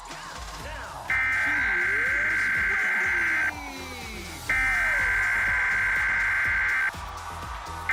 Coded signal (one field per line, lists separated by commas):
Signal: Emergency Alert System (SAME) tones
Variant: header bursts